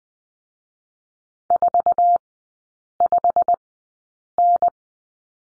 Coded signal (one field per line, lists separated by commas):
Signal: Morse code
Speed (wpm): 20 wpm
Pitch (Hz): 700 Hz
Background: none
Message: 45N